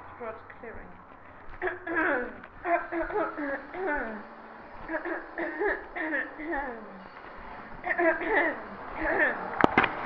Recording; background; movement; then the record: throat clearing; traffic; walking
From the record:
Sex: female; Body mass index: 18.3 kg/m2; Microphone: on the chest, facing the body